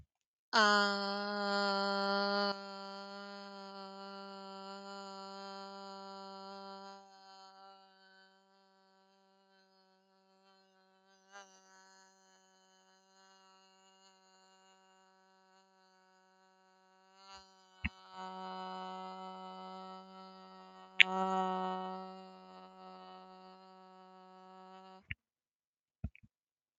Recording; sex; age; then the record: vowel held as long as possible; female; 20 to 29 years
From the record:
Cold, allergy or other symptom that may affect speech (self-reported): no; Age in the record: 23 years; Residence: Nebraska, United States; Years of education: 16